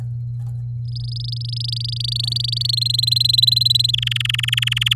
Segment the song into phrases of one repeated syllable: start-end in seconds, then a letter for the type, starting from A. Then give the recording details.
0.84-2.75 A, 2.77-3.91 B, 3.93-4.94 C. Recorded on 11 May 2018 at 08:26. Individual llb16